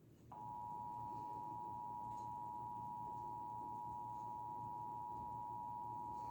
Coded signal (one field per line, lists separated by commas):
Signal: Emergency Alert System (SAME) tones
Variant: 853 and 960 Hz attention tone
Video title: EAS Severe Thunderstorm Warning 6